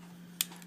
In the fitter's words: hear it snap in close it back same deal with the saw blade